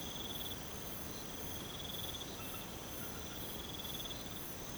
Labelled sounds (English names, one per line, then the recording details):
none
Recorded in pastures near Puerto Asís, Putumayo, Colombia, on 21 March 2025 at 00:30
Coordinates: 0.486, -76.323
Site G075